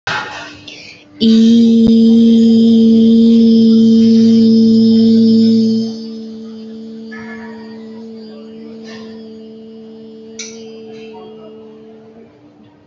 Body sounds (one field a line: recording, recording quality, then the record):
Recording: sustained vowel as in beet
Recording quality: excellent, no background noise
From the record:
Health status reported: healthy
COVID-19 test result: negative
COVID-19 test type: RT-PCR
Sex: female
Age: 19 years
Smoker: no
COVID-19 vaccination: both doses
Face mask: worn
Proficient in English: yes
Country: India